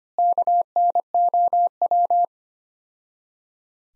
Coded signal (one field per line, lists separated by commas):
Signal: Morse code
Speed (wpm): 25 wpm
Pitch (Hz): 700 Hz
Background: none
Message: KNOW